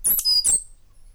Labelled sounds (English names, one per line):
Stitchbird song